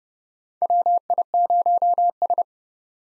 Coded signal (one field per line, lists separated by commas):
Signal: Morse code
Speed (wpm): 30 wpm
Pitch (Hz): 700 Hz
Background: none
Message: WI0S